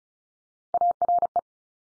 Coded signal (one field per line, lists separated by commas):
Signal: Morse code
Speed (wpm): 34 wpm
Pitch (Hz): 700 Hz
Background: none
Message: ARE